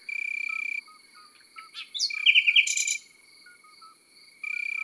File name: Rossignol philomele - Chants d'oiseaux dans la campagne